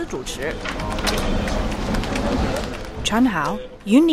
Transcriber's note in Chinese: Office ambience